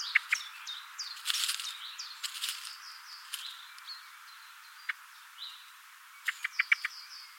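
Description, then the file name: Common blackbird with hard, clicking call notes: a few scattered early on, then a rapid series of about five near the end, amid high chirps. "Turdus merula"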